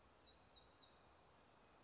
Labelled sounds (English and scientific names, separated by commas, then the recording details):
Black-throated Gray Warbler (Setophaga nigrescens)
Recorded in Sonoma County, California